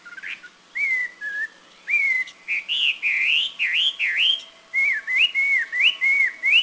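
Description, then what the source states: Taiwan hwamei singing loud, varied whistled phrases, rising and falling slurs in quick succession with brief gaps. Recorded near Huisun, Taiwan, in April 2010.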